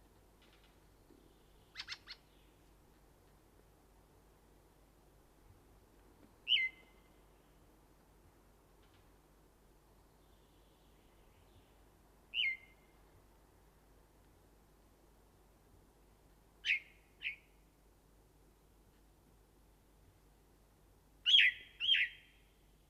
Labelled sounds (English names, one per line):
Ring Ouzel song